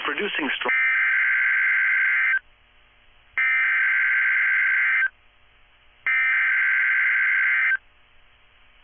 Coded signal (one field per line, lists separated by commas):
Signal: Emergency Alert System (SAME) tones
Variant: header bursts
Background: speech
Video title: EAS #826-838: 3 Days of March Madness (EAS Alerts from 3/9-12/22)